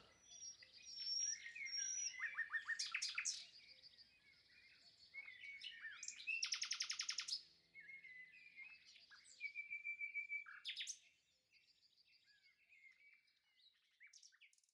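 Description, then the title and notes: Common nightingale song, quieter: mixed whistles, chattering notes, and short rapid rattles in separate phrases, with light background hiss between them. Wild common nightingale singing in spring after arrival, 22 April 2020, Lesches-en-Diois, France, recorded in stereo with a portable recorder amid absence of human noise. "22 avril 2020-Lesches en diois. le chant du Rossignol Philomène (Luscinia megarhynchos)"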